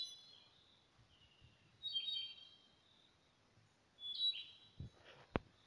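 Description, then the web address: Montane foliage-gleaner calls: two short high bursts about two seconds apart, followed by a couple of sharp clicks near the end over a quiet background. "Montane foliage gleaner. صدای-پرنده-برگچین-کوهی"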